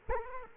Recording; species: mosquito wingbeat signal from an infrared sensor; Culex quinquefasciatus